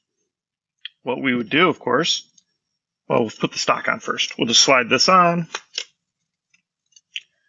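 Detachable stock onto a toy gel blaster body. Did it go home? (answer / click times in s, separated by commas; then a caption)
yes / 7.2 s. Someone talks while sliding a detachable shoulder stock onto the rear of a plastic toy gel ball blaster, a BIU Blaster Uzi with motorized mags. After the talking stops, a few faint clicks follow, then a sharp click at 7.2 s as the stock latches into place.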